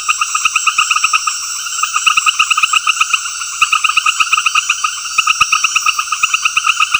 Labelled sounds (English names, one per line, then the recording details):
none
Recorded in secondary vegetation near Puerto Asís, Putumayo, Colombia, on 20 February 2024 at 19:30
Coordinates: 0.481, -76.323
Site G6376